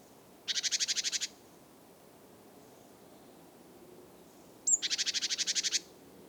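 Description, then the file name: Great tit making two churring rattles of rapid harsh pulses; the second begins with a brief sharp note and runs slightly longer, amid quiet surroundings. "Parus major"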